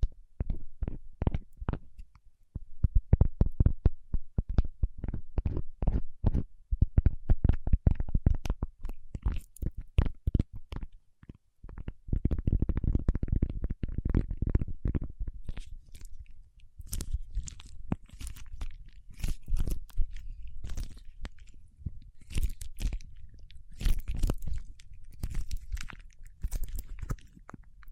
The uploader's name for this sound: Paraffin Wax Peeling, Tapping and Scratching